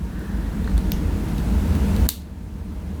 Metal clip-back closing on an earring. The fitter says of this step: Yeah, there we go. Now it snaps right into place.